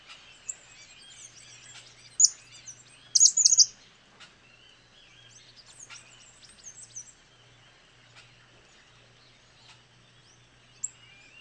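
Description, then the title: Cattle tyrant gives a single high chirp, then a quick squeaky burst, over soft twittering from other birds. Nominate subspecies Machetornis rixosa rixosa. "LuckyPassaro Completos2Sama. Cattle Tyrant (Machetornis rixosa rixosa)"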